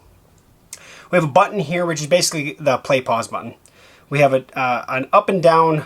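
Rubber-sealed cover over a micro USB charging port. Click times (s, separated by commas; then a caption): 0.7 s. A rubber-sealed cover over the micro USB charging port of a Bluetooth speaker or light is pressed closed and gives a sharp click at 0.7 s, seating firmly in place. Someone then talks.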